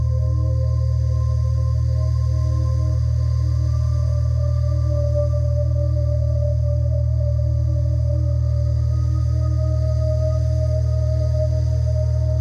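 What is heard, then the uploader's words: Binaural beats in a gamma state ambient sound: a heavy, constant low hum sits under layered steady tones that ring like a singing bowl. The sustained tones hold unchanged for the whole stretch, with faint bright shimmer high above and no separate events. Gamma State Binaural Beats Ambient Sound.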